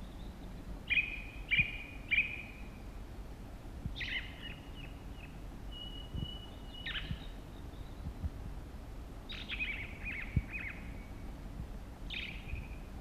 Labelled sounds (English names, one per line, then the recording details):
Ring Ouzel song
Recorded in the wild
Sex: male
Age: adult
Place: Gerlitzen, Kärnten, AT
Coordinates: 46.6933, 13.9158
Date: 1971-05-12
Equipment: Sony TCD-D10, Sennheiser MKH 804
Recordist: Brunner, Thomas